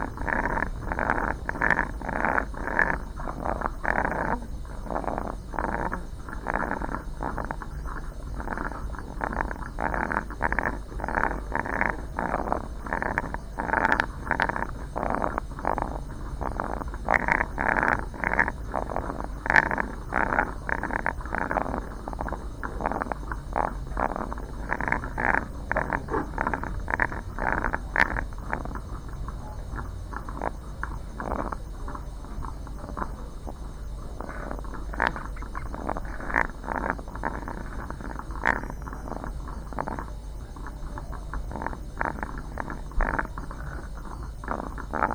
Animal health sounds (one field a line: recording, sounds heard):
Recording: poultry house recording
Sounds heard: sick chickens (respiratory disease)